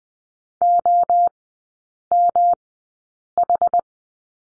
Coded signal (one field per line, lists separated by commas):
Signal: Morse code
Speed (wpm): 20 wpm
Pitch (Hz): 700 Hz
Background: none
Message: OMH